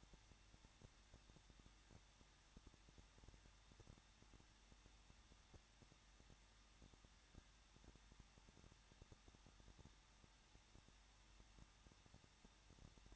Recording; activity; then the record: daily activity, microphone in the room; no activity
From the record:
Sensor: 3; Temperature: 21.2 degrees Celsius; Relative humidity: 36.3%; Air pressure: 1006.3 hPa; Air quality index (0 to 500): 221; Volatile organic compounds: 40 ppm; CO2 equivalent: 3156 ppm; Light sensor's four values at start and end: 2/3/2/2 and 2/3/2/2